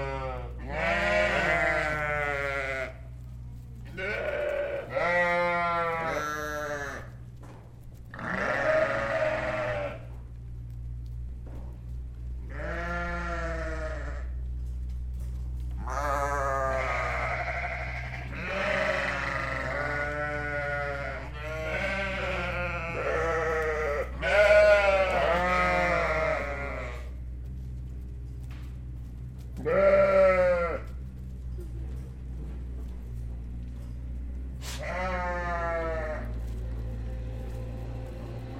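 Sheep bleat in wavering, nasal cries every few seconds, some overlapping, over a constant low hum running underneath throughout.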